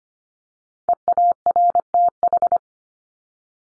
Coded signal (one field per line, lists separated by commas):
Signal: Morse code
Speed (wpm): 25 wpm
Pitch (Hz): 700 Hz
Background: none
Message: EARTH